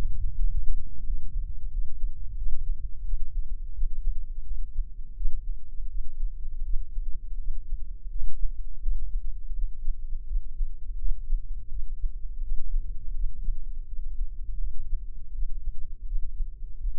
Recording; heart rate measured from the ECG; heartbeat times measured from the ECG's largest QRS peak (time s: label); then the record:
heart sounds by microphone in the left ear; 84 bpm
0.36 s: heartbeat
1.04 s: heartbeat
1.70 s: heartbeat
2.36 s: heartbeat
3.03 s: heartbeat
3.73 s: heartbeat
4.44 s: heartbeat
5.15 s: heartbeat
5.89 s: heartbeat
6.64 s: heartbeat
7.38 s: heartbeat
8.09 s: heartbeat
8.81 s: heartbeat
9.54 s: heartbeat
10.27 s: heartbeat
10.98 s: heartbeat
11.70 s: heartbeat
12.42 s: heartbeat
13.14 s: heartbeat
13.87 s: heartbeat
14.58 s: heartbeat
15.33 s: heartbeat
16.06 s: heartbeat
16.79 s: heartbeat
From the record:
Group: healthy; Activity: rest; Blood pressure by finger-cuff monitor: 100/70 mmHg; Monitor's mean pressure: 82 mmHg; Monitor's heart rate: 83 bpm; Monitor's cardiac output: 7.6 L/min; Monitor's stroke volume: 91 mL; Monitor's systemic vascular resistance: 790 dyn s/cm5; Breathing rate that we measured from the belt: 19 breaths a minute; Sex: male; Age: 57 years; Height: 188 cm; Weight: 106 kg